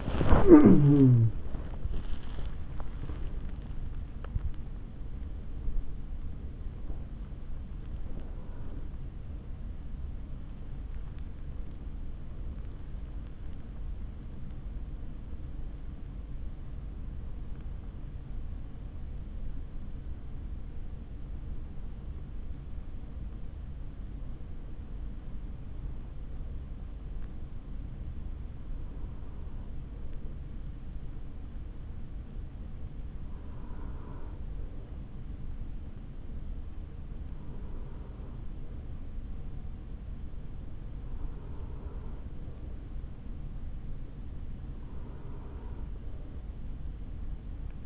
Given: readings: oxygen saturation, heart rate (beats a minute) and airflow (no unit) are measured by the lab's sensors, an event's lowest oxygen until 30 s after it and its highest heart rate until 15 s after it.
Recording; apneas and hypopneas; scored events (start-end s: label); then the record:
breathing in sleep by a smartphone at the bedside; 1
5.00-29.30 s: hypopnea (N2, oxygen 97% highest, then 92% lowest, heart rate 94 at the start, 102 highest)
From the record:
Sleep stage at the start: N2 (light sleep); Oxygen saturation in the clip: 92 to 97%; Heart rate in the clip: 57 to 102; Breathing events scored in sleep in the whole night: 160 in 9.3 hours asleep